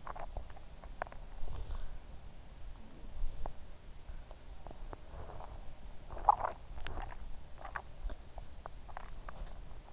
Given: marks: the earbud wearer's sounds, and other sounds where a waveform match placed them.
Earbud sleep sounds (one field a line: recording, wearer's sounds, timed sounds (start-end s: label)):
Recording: sounds in sleep by an in-ear microphone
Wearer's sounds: swallowing, teeth grinding, breath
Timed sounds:
0.00-1.29 s: swallowing
2.74-3.07 s: sound from someone else or the room
3.38-5.09 s: teeth grinding
5.09-5.61 s: breath
6.17-7.89 s: swallowing
9.16-9.61 s: sound from someone else or the room